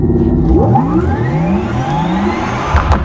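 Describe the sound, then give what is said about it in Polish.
An electric car whirs as it pulls away, its motor whine rising steadily in pitch through several overlapping tones above a low rumble, loud and continuous with no voices. “To, czym ekscytuje się prowadzący kanał Petrolhead, właściwie powoli już zaczyna ustępować takim oto dźwiękom.”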